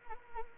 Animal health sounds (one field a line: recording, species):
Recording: mosquito wingbeat signal from an infrared sensor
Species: Anopheles arabiensis